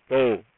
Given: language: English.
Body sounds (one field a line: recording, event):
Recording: throat vibration sensor signal played as sound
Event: speech